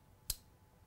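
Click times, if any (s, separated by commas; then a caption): 0.3 s. The hook of a B3 Archery Exit Pro thumb-trigger release is passed through the bowstring d-loop and pressed down until its metal jaw latches closed. A single sharp, bright click sounds at 0.3 s against quiet background. The release is hooked onto the d-loop and ready to fire.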